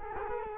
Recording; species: mosquito wingbeat signal from an infrared sensor; Culex quinquefasciatus